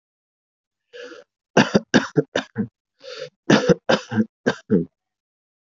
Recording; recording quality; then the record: shallow voluntary cough; excellent, no background noise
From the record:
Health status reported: exposed to COVID-19, no respiratory illness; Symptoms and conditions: none ticked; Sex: male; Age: 19 years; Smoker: not ticked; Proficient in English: yes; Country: India